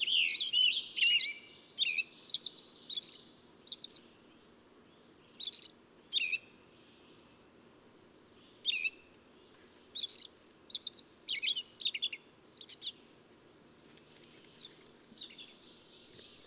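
Bird song: rapid series of high, chattering chirps with thin arched whistles now and then, over a low steady hum.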